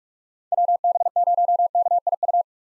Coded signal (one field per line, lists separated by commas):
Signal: Morse code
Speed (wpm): 44 wpm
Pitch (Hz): 700 Hz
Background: none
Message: WB0KIU